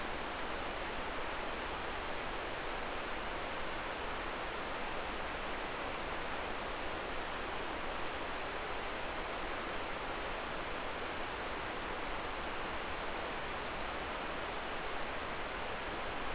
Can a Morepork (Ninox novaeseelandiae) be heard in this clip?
no